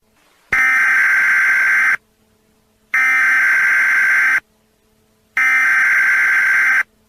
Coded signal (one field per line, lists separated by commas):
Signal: Emergency Alert System (SAME) tones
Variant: header bursts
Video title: scp-001 eas scenario but in the US